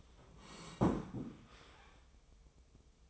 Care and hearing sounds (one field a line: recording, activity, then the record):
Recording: daily activity, microphone in the room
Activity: sit down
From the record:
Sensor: 1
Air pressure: 1005.1 hPa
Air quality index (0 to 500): 124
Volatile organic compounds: 5 ppm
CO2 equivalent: 1736 ppm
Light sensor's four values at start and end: 11/27/11/11 and 11/27/11/12